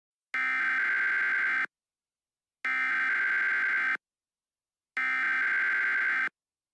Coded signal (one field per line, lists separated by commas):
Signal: Emergency Alert System (SAME) tones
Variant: header bursts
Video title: EAS Scenario: Ultimate Halloween Part 2